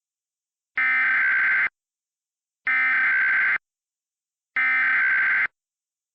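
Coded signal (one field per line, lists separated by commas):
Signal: Emergency Alert System (SAME) tones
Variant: header bursts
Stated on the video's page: Mock EAS scenario.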